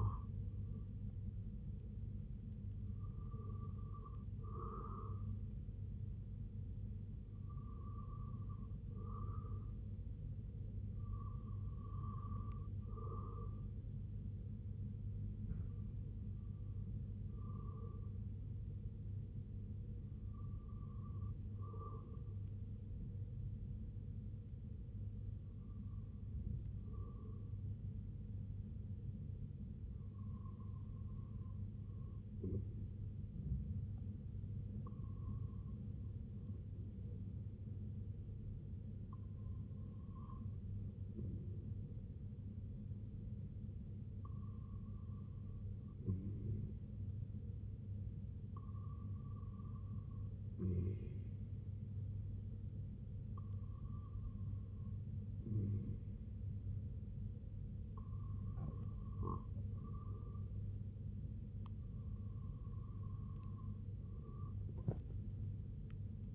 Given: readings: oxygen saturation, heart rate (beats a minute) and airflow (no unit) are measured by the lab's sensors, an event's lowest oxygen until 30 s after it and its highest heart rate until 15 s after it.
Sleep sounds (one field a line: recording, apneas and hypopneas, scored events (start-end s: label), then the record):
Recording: breathing in sleep by a smartphone at the bedside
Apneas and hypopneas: 1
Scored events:
12.00-66.35 s: new sleep stage, REM sleep
15.00-42.90 s: hypopnea (REM, oxygen 94% highest, then 93% lowest, heart rate 70 at the start, 70 highest)
From the record:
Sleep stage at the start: N1 (lightest sleep)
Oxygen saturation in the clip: 93 to 97%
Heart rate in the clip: 59 to 70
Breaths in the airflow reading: 16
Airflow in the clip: -6.8 to 3.1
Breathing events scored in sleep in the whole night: 258 in 7.4 hours asleep